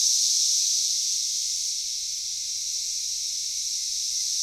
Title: 3619 Alpine Dr SE, Knoxville, TN 37920, USA - Backyard Cicadas